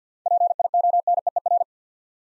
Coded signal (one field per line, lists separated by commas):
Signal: Morse code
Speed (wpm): 52 wpm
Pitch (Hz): 700 Hz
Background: none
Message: PIONEER